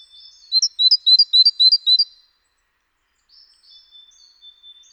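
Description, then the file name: Great tit song: one quick run of about six ringing, high two-note phrases, followed by soft, thin high notes. "Parus major"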